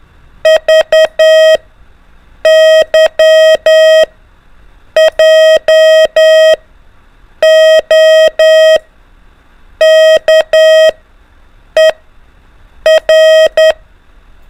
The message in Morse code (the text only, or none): VY JOKER